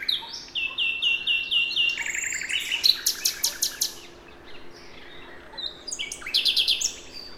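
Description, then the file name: Common nightingale song opening with a row of whistled notes, then a quick burst of repeated notes, a quieter gap and one more phrase. "Luscinia megarhynchos"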